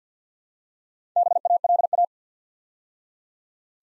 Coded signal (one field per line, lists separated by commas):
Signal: Morse code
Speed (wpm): 50 wpm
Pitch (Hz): 700 Hz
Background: none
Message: BALA